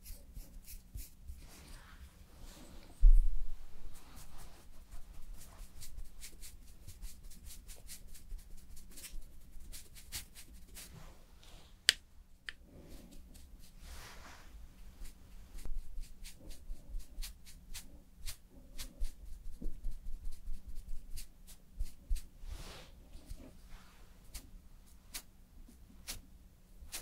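Makeup and hair styling: a string of small, sharp clicks, taps and snaps scattered irregularly throughout, with a louder knock near three seconds and another near twelve. Soft rustling and brushing fill the gaps over a steady low hum.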